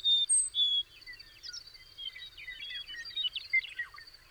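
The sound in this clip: Bird song opening with two clear, loud whistles, followed by a jumble of softer twittering notes, against a steady high insect hum.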